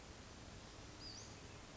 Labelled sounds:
Western Flycatcher
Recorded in Sonoma County, California

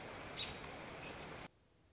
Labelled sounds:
American Robin
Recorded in Sonoma County, California

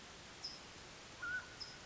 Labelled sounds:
Mountain Quail
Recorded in Sonoma County, California

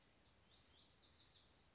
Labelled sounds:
Lazuli Bunting
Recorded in Sonoma County, California

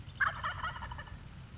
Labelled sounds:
Wild Turkey
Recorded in Sonoma County, California

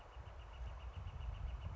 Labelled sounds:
Northern Flicker
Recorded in Sonoma County, California

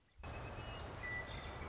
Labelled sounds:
Western Meadowlark
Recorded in Sonoma County, California

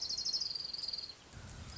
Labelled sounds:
Orange-crowned Warbler
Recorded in Sonoma County, California

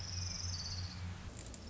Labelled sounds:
Orange-crowned Warbler
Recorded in Sonoma County, California

